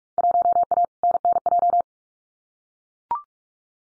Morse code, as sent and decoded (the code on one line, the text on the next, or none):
.---- .- / -. -. .---
1A NNJ